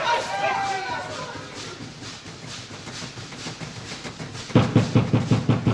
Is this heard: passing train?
yes